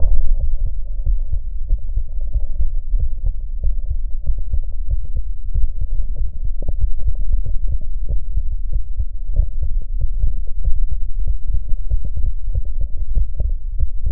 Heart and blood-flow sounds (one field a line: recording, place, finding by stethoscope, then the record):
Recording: heart sounds by stethoscope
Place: tricuspid valve (TV)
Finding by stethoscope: normal heart sounds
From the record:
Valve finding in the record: tricuspid regurgitation, grade 3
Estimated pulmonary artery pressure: 65 mmHg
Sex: male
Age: 60 years